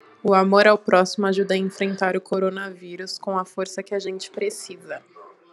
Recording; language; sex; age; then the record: spoken sentence; Brazilian Portuguese; female; 20 to 29 years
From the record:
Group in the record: control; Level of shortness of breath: 0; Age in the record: 23 years